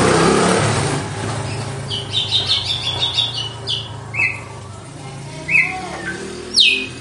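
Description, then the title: Red-cowled cardinal trill and scattered whistled notes after an opening burst of loud rushing noise. Female; song described as pure, strong, clean and measured açoite style. "Canto Galo Campina Fêmea 02. GALO DE CAMPINA, AÇOITE PURO, FORTE, LIMPO E COMPASSADO"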